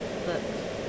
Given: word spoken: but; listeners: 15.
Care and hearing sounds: one English word in noise, from a listening test; speech-shaped noise; -4.3 dB; 0 of 15; 9 of 15; 0.50 s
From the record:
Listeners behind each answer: 9, 5, 1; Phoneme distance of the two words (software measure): 20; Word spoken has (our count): 1 syllable, 3 phonemes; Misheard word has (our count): 1 syllable, 3 phonemes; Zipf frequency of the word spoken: 6.76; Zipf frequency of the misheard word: 5.21

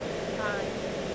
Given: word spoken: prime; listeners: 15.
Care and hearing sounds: one English word in noise, from a listening test; speech-shaped noise; -5.5 dB; 0 of 15; 6 of 15; 0.75 s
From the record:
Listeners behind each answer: 6, 3, 1, 1, 1, 1, 1, 1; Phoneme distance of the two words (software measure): 34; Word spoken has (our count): 1 syllable, 4 phonemes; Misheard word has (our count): 1 syllable, 4 phonemes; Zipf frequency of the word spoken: 5.20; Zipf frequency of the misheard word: 5.60

